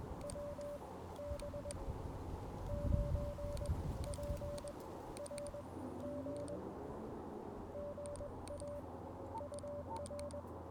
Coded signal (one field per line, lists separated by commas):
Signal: Morse code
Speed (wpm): 20 wpm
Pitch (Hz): 580 Hz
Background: radio noise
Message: WB9PRG GA UR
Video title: 1 Watt CW POTA Challenge! KX2 and AX-1... Failure!